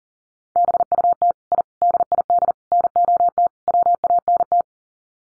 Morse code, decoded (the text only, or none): BUT I DID NOT WANT